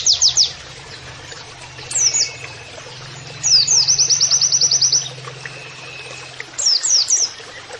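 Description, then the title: Oriental white-eye song: short high chips and brief rapid trills separated by gaps, one longer trilled run in the middle, over a faint low hum. Training audio for caged birds, with canary-like song phrases; local name for this song style is 'nembak kenarian'. "Pleci Gacor. MASTERAN PLECI NEMBAK KENARIAN"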